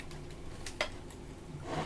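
A matching plastic side flap on one toy robot is pressed onto its receptor on a second toy robot, with a few faint plastic ticks and handling noise. The flap snaps home with a sharp click at 0.8 s, and it is seated and secure.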